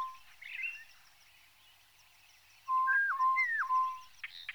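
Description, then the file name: Tropical boubou giving clear stepped whistles, low and higher notes alternating, after a soft chattering start. "gonolec ventre blanc"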